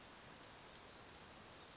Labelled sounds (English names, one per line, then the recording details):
Western Flycatcher
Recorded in Sonoma County, California